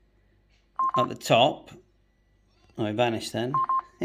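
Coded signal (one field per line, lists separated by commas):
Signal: none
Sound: radio's key press beeps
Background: speech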